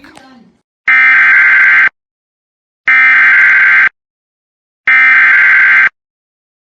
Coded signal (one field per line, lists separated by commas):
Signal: Emergency Alert System (SAME) tones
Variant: header bursts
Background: speech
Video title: IEMBot Jumpscares are a thing..? EAS Alerts from 3/11/2026 (EAS #161-#169)